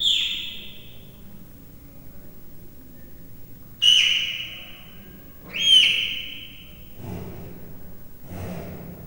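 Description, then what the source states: Leopard cub chirping: three high, slightly descending squeaky chirps, then two soft low noises near the end, over quiet background hum. Three-month-old leopard cub chirping, recorded at Miskolc Zoo, Hungary, 2009.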